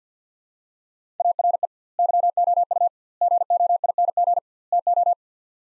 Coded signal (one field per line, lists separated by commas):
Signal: Morse code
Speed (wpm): 45 wpm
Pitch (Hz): 700 Hz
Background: none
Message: ARE YOU GOING TO